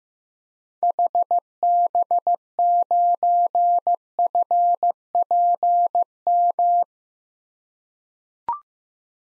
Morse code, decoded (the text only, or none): HB9FPM